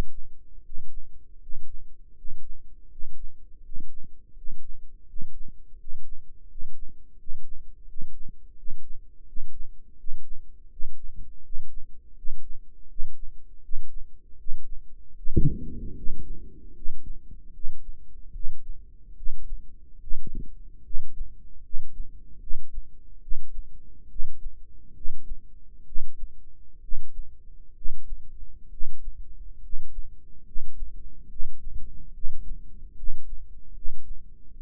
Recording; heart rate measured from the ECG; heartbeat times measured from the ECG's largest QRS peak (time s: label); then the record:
heart sounds by microphone in the right ear; 76 bpm
0.60 s: heartbeat
1.36 s: heartbeat
2.12 s: heartbeat
2.86 s: heartbeat
3.60 s: heartbeat
4.32 s: heartbeat
5.03 s: heartbeat
5.75 s: heartbeat
6.45 s: heartbeat
7.15 s: heartbeat
7.84 s: heartbeat
8.54 s: heartbeat
9.23 s: heartbeat
9.95 s: heartbeat
10.68 s: heartbeat
11.40 s: heartbeat
12.14 s: heartbeat
12.87 s: heartbeat
13.60 s: heartbeat
14.36 s: heartbeat
15.14 s: heartbeat
15.94 s: heartbeat
16.73 s: heartbeat
17.52 s: heartbeat
18.32 s: heartbeat
19.15 s: heartbeat
19.99 s: heartbeat
20.82 s: heartbeat
21.61 s: heartbeat
22.39 s: heartbeat
23.20 s: heartbeat
24.08 s: heartbeat
24.93 s: heartbeat
25.85 s: heartbeat
26.80 s: heartbeat
27.74 s: heartbeat
28.69 s: heartbeat
29.60 s: heartbeat
30.43 s: heartbeat
31.28 s: heartbeat
32.12 s: heartbeat
32.95 s: heartbeat
33.73 s: heartbeat
34.52 s: heartbeat
From the record:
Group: healthy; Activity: breath hold 0-16 s, rest 16-35 s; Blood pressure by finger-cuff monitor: 112/63 mmHg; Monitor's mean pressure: 76 mmHg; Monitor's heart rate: 75 bpm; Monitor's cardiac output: 7.2 L/min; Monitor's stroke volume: 97 mL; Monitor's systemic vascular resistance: 760 dyn s/cm5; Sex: male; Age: 35 years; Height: 180 cm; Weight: 86.9 kg